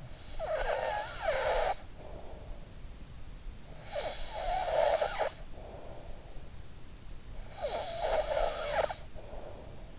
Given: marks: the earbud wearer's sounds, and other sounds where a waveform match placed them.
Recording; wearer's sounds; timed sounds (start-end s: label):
sounds in sleep by an in-ear microphone; snoring breath
0.00-2.45 s: snoring breath
3.48-6.11 s: snoring breath
7.54-9.94 s: snoring breath